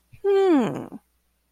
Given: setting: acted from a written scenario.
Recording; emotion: vocal sound without words; interest